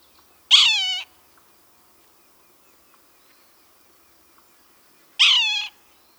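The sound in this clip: Red-naped sapsucker giving two nasal, harsh mewing calls that slur downward, one near the start and one about five seconds later, with quiet gaps between.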